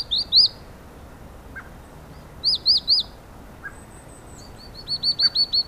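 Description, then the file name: Great tit song, short phrases of two or three clear high notes separated by pauses, ending with a quicker run of similar notes. "kohlmeise"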